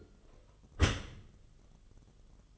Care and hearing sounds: daily activity, microphone in the room; close dishwasher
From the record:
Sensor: 4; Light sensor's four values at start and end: 10/24/9/9 and 11/25/10/10

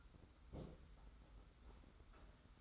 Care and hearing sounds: daily activity, microphone in the room; place on stove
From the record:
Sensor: 3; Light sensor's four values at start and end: 45/124/51/44 and 45/124/51/44

